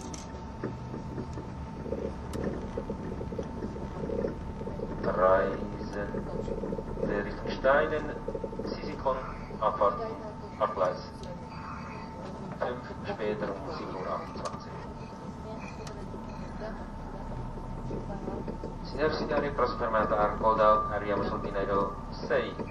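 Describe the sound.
Train interior on the Gotthard Base Tunnel route, with a steady low rumble of the train running beneath voices. Passengers talk on and off throughout, busier around five to eight seconds and again near twenty. A faint constant tone holds in the middle.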